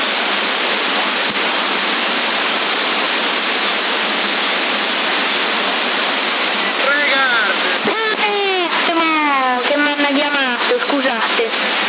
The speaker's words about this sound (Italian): No, è perché non si sente niente qua, perché ho la porta aperta e c'è un vento che non capisce nulla, non stavo urlando contro di voi.